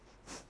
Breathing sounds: one breath in and out by a microphone near the nose and mouth; strong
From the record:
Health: marked as sick, illness not named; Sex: female

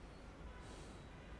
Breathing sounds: one breath in and out by a microphone near the nose and mouth; normal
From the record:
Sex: male

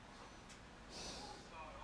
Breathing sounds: one breath in and out by a microphone near the nose and mouth; normal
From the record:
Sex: male

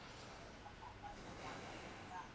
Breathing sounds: one breath in and out by a microphone near the nose and mouth; deep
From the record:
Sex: male

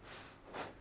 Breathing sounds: one breath in and out by a microphone near the nose and mouth; strong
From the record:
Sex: female

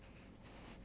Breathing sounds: one breath in and out by a microphone near the nose and mouth; strong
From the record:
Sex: male

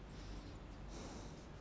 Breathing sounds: one breath in and out by a microphone near the nose and mouth; normal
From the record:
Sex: male

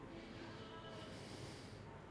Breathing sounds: one breath in and out by a microphone near the nose and mouth; normal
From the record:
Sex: male

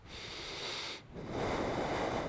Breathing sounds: one breath in and out by a microphone near the nose and mouth; deep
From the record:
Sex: male

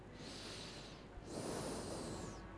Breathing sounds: one breath in and out by a microphone near the nose and mouth; normal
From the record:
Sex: male

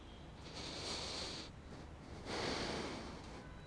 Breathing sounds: one breath in and out by a microphone near the nose and mouth; deep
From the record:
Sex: male

